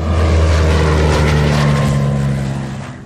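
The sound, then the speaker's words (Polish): A light aircraft's propeller engine runs steadily, a loud, even droning hum with a strong low buzz and a whooshing hiss over it, easing off slightly at the very end. No one speaks. “Samolot obecnie stoi w Bydgoszczy.”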